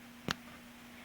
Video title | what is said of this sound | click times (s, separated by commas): How to Change Nibs and Ink Cartridges on Copic Multiliner SP Pens | Just clicks into place like that. | 0.3 s